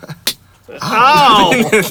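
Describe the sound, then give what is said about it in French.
A single sharp smack of a hand slapping the neck cracks out, followed after a short pause by a loud, drawn-out vocal exclamation. “Mais il a donné une claque!”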